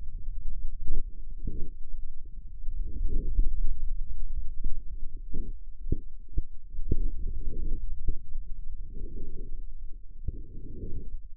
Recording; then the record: forearm muscle sounds (acoustic myography)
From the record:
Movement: ulnar deviation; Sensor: system 2, bracelet of six BSWA MPA416 microphones around the upper forearm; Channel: 5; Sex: male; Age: 22 years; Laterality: right